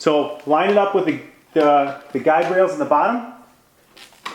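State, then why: Seated. A replacement plastic hose is lined up with the guide rails at the bottom and pushed into the body of a Dyson DC33 upright vacuum cleaner while someone talks. After a quieter knock at 4.0 s, a sharp click at 4.3 s marks the hose snapping in tight.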